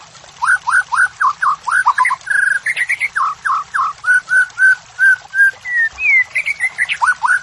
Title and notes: Masteran Murai. Pancingan Murai Batu Pagi Hari Melatih Mental Fighter. Murai Batu Gacor